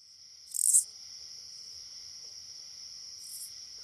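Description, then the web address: Oblong-winged katydid singing one sharp raspy burst early on, then a fainter rasp later, against a continuous shrill insect hum. North America. "Songs of Insects. Oblong-winged Katydid"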